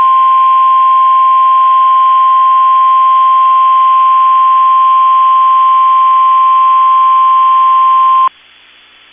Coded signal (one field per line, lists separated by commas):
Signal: Emergency Alert System (SAME) tones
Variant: 1050 Hz attention tone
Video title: KEC65 Required Weekly Test (EAS #162) (12-30-2020)